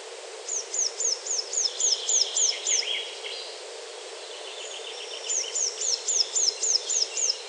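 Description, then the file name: Eurasian blue tit calls in two bursts of rapid, high, downslurred notes, nine then eight, evenly spaced and separated by a quiet gap of about two and a half seconds. "Cyanistes caeruleus"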